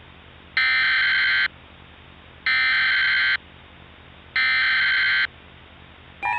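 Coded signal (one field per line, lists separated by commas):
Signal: Emergency Alert System (SAME) tones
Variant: header bursts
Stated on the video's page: Fictional EAS scenario using valid SAME tones, a simulation rather than a real alert.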